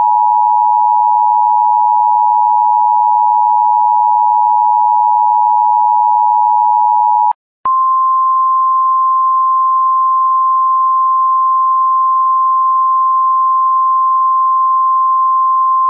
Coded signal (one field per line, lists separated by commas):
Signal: Emergency Alert System (SAME) tones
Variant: 853 and 960 Hz attention tone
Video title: Emergency Alert System for Sullivan County